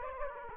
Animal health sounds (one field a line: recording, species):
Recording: mosquito wingbeat signal from an infrared sensor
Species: Aedes aegypti